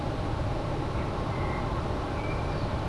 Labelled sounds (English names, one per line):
Common Blackbird